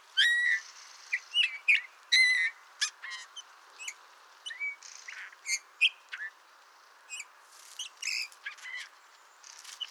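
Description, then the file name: Eurasian bullfinch calls: clear piping whistles in the first seconds, followed by scattered short chirps, ticks and thin high notes with brief pauses between them. "Pyrrhula pyrrhula"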